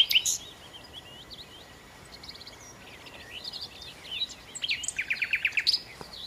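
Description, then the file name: Common nightingale song with varied high chirps and whistles, ending in a loud run of rapid repeated notes. "Nachtigall"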